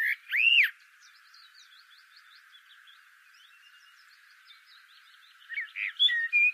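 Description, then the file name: Common blackbird song opening with a loud arched whistle, a pause with soft background twittering, then a phrase of short fluty notes. "Turdus merula"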